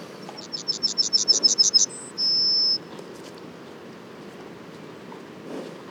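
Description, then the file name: Yellowhammer song: rapid repeated high chips, a brief higher note, then a long steady closing whistle, followed by quiet background. Les Alisiers, 21 July 2020; several yellowhammers. "200721-11-bruants-jaunes-Les-Alisiers"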